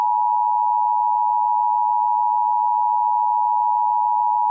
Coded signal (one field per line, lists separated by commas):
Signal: Emergency Alert System (SAME) tones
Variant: 853 and 960 Hz attention tone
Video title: RobotBoy: EAS Scenario (Retake) Part 1